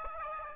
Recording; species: mosquito wingbeat signal from an infrared sensor; Aedes aegypti